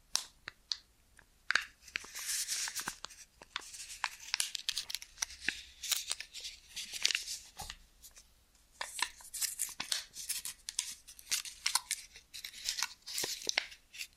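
Ear and scalp massage with cleaning, made of dense, bright crackling and rubbing that comes in bursts, with sharp snapping clicks scattered throughout. Short near-silent pauses fall around two, eight and fourteen seconds before the scratchy friction resumes.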